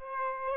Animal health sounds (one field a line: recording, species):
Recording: mosquito wingbeat signal from an infrared sensor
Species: Aedes aegypti